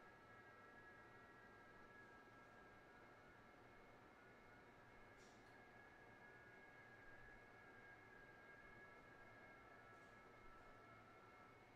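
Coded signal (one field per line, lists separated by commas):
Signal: FT8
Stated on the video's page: FT8 on an Alpha HOA Buster gutter antenna with an FMJ match.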